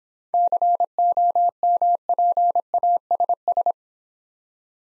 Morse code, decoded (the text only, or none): COMPASS